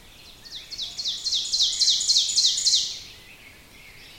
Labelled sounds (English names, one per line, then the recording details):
Ovenbird song
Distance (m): 10 m
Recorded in boreal forest in Alberta, Canada, on 5 June 2016 at 07:17
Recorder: SongMeter 3, array SBT-3-51
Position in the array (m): 257 m, 126 m
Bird 28